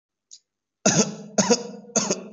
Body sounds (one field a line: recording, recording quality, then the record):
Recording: heavy voluntary cough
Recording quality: excellent, no background noise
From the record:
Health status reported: COVID-19 positive, mild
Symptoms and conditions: fever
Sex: male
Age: 40 years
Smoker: not ticked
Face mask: not worn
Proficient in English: no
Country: India